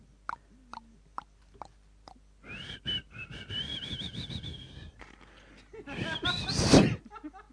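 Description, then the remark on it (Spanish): A person whistles a song melody for others to guess: a few short chirpy notes, then a long wavering high melody over background clatter, a brief pause, and a louder rising whistled phrase. “Concentradísimo, tiene el saque, pica el silbido. Si no descubre la canción, basta, pierde, ¿no?”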